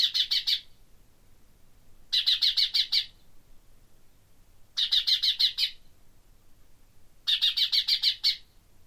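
Common chaffinch calling in short bursts of about six rapid, harsh clicking notes, each burst about a second long, repeated roughly every two and a half seconds in otherwise quiet surroundings.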